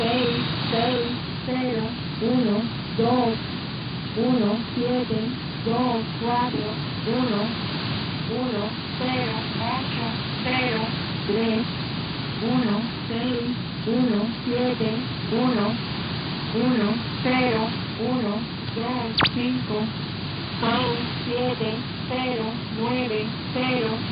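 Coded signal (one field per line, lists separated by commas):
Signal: numbers station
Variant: HM01, Spanish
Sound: voice reading Spanish digits at a steady pace through heavy hiss and interference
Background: radio static, interference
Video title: HM01 interference with Chinese Communist Party Station 11635kHz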